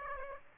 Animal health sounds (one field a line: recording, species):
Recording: mosquito wingbeat signal from an infrared sensor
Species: Aedes aegypti